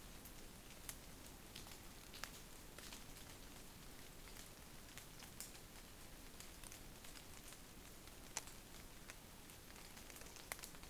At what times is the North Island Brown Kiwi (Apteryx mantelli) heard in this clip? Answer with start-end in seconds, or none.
none